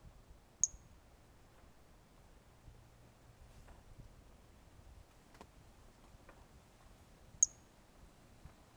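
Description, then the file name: Brachycephalus mirissimus giving short, very high-pitched peeping notes, one near the start and another about seven seconds later, over a quiet low hiss. Recorded 18 January 2018; individual 05; the two initial notes of the call are missing; specimen not collected. "Brachycephalus mirissimus 18 jan 2018 individual 05 ex 05 two initial notes missing L F Ribeiro not collected"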